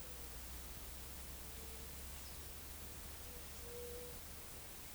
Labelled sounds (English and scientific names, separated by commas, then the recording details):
White-tipped Dove (Leptotila verreauxi)
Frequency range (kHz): White-tipped Dove (Leptotila verreauxi) 0.3-0.8 kHz
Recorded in forest near Pivijay, Magdalena, Colombia, on 3 June 2023 at 14:00
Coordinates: 10.467, -74.380
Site Z5-G034